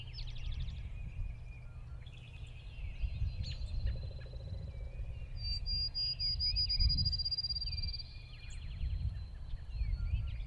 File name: Early Spring Field Birds Near Lake April 1 st 2017 SD 702